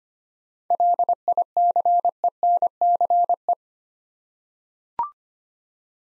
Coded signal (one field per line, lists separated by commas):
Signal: Morse code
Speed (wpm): 25 wpm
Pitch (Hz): 700 Hz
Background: none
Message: LICENCE